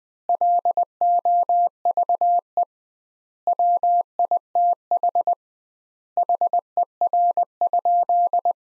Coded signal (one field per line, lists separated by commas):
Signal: Morse code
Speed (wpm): 20 wpm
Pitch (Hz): 700 Hz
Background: none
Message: LOVE WITH HER?